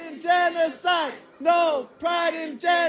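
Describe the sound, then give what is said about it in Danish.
A group of protesters shouts a chant in loud, rhythmic bursts, about five phrases in three seconds, each one rising then falling in pitch with brief gaps between. “De råber, no pride in genocide, gør de i lang tid.”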